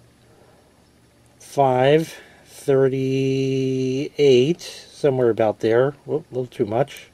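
Someone talks while handling the crown stem of a TIMGUX CRRJU men's large-face analog quartz watch after setting the time. Faint handling sounds come through beneath the speech. The crown stem has not yet been pushed back into the watch case, and nothing has seated or clicked yet.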